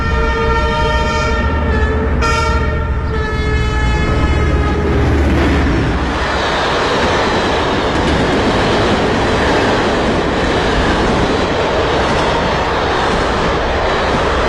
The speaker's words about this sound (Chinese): 男生王爱对各种声音感兴趣，这天他在铁路边录下了火车经过的声音。